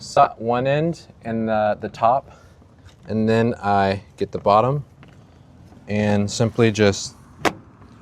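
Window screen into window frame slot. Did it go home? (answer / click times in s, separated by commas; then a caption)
yes / 7.8 s. A window screen is reinstalled into a window frame slot: one end and the top are set into the slot, then the bottom is pushed in while someone talks. The screen locks into place with a click at 7.8 s, seated in the frame.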